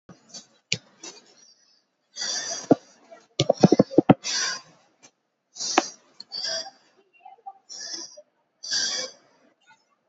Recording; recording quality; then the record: deep breathing; excellent, no background noise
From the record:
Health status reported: COVID-19 positive, no symptoms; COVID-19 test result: positive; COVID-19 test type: rapid antigen test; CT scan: not taken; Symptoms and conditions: another condition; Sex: female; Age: 26 years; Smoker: no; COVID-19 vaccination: both doses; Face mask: not worn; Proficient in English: yes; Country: India